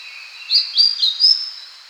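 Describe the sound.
Citrine flycatcher song, one quick phrase of four high, thin slurred notes, each sliding up or down, over a steady background hiss.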